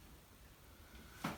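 A second locking catch on an Iron Studios Spider-Man Legacy Replica 1/4 scale statue is pressed into its mount. After about a second of quiet low background noise, a single short sharp click is heard at 1.2 s. The catch seats and locks the statue part into place.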